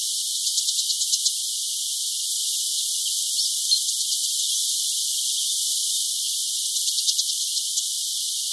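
Brown shrike giving bursts of fast, dry ticking notes, a run at the start, scattered ticks in the middle and another quick series near the end, with constant hiss.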